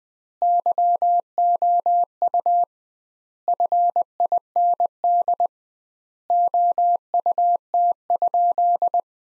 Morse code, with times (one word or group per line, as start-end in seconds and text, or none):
0.4-2.6 YOU
3.5-5.5 FIND
6.3-9.0 OUT?